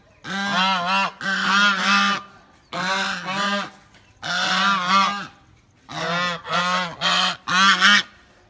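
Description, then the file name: Goose honks in paired or tripled bursts separated by short pauses, each note nasal. "Tieng ngong keu"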